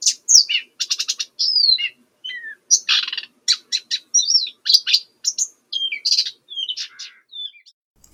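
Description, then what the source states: Blyth's Reed Warbler song, a long varied run of high chirps, rattling notes and falling whistles delivered in quick succession with small pauses. Recorded at Chokpak, Kazakhstan, in early spring on 2 May; possibly a newly arrived singing migrant.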